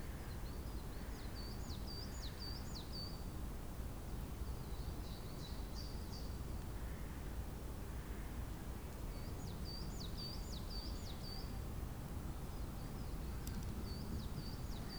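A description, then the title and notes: On a spring day in a park, bright bird calls repeat in quick bursts over a steady low rumble of traffic. Spring Day Atop Tivoli. Recorded in Tivoli Park, in Ljubljana, Slovenia.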